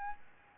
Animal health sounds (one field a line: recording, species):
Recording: mosquito wingbeat signal from an infrared sensor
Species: Aedes albopictus